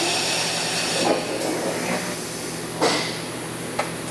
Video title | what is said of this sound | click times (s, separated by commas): Triad Stair Hand Rail Boring Machine (Automation for Stair Shops) | I hit the pin I hear it click in place I pull it back to my stop and ready to go | 3.8 s